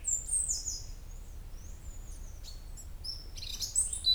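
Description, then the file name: European robin singing very high, thin drawn-out whistles and brief twittering notes, with a soft low rumble underneath. "Erithacus rubecula"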